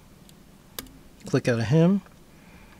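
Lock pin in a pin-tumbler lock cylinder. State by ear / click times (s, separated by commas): seated / 0.8 s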